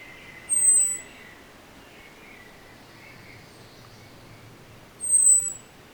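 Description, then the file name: Common blackbird calls: two separate thin, very high whistles, each about half a second long and roughly four and a half seconds apart, with soft lower chirps and faint hiss between. "Turdus merula"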